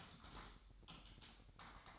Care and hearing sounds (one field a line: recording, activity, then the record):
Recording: daily activity, microphone in the room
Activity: typing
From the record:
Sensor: 3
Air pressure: 1007.6 hPa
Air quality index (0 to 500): 60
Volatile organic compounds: 1 ppm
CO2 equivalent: 611 ppm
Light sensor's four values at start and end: 11/26/11/11 and 11/26/11/11